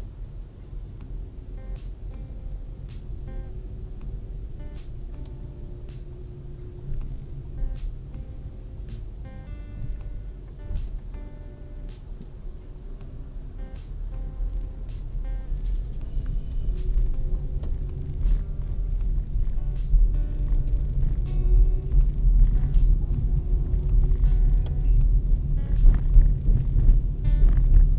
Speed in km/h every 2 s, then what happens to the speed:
12, 13, 16, 15, 13, 9, 9, 13, 17, 18, 26, 32, 32, 33.
0-5 steady at about 13. 5-13 slows to 9. 13-22 speeds up to 32. 22-28 steady at about 32.